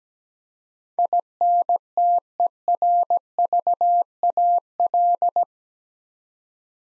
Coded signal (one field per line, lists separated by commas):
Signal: Morse code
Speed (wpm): 17 wpm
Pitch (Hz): 700 Hz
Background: none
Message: INTERVAL